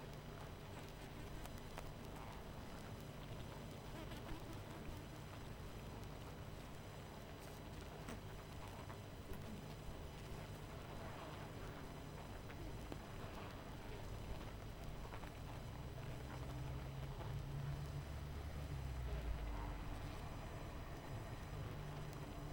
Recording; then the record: honeybee colony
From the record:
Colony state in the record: missing queen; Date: 14 July 2017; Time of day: 22:37